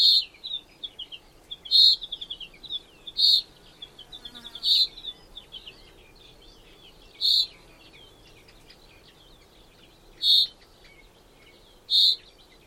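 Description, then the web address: Common chaffinch giving a string of short, ringing call notes at uneven intervals, several in all, while other birds twitter busily early on. "Deverinetal 2025 File origin Bird Only Fr Co"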